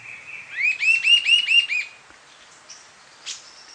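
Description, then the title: Sibilant sirystes call: one rapid series of roughly six ringing, upslurred-then-falling whistles, followed by quieter scattered chirps and a short sharp note. Subspecies sibilator, assumed from the recording location. "LuckyPassaro Completos2Sama. Sibilant Sirystes (Sirystes sibilator sibilator (ssp assumed from location))"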